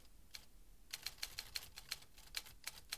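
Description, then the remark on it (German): Someone types on a typewriter on the first floor of a house, keys clacking in a quick, uneven burst of sharp, bright strikes, about a dozen taps with brief pauses between clusters, fairly quiet and with no voices. “Da schrieb doch jemand im ersten Stock auf einer Schreibmaschine.”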